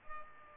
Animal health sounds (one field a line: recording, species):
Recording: mosquito wingbeat signal from an infrared sensor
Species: Culex pipiens